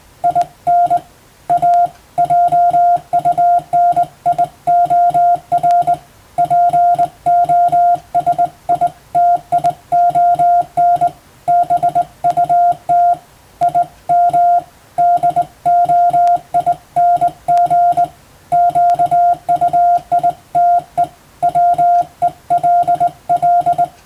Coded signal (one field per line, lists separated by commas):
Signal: Morse code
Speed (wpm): 20 wpm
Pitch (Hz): 700 Hz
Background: music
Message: IN A JUNIOR POSITION BUT IM DOING QUITE WELL